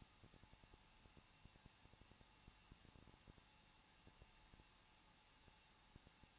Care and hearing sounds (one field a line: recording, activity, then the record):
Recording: daily activity, microphone in the room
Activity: no activity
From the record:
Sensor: 1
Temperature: 20.1 degrees Celsius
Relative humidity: 39.1%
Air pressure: 1006.5 hPa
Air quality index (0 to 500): 216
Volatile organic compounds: 73 ppm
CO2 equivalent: 3545 ppm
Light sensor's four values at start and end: 1/2/1/1 and 1/2/1/1